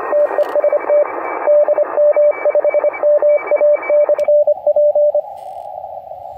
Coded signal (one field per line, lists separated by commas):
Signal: Morse code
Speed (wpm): 27 wpm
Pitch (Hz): 590 Hz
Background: radio noise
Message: TEST DM5MA/P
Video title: a DSP CW filter for my FT-817. Will it work ?